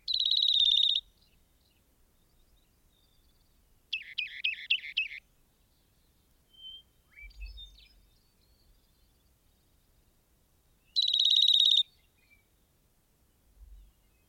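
Rock wren song phrases: a rapid buzzy trill, later a slower run of repeated notes, faint soft chips, then another fast trill, separated by quiet gaps.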